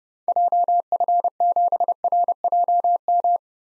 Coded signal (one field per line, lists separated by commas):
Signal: Morse code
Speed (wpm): 30 wpm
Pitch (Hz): 700 Hz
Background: none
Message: JF7RJM